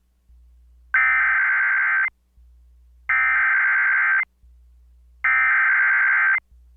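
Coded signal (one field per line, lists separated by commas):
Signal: Emergency Alert System (SAME) tones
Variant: header bursts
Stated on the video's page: NOAA Weather Radio tornado warning relayed by an FM station, with garbled SAME header repetitions.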